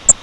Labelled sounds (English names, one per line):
Grace's Warbler flight call